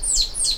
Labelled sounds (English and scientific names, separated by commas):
Stitchbird (Notiomystis cincta) song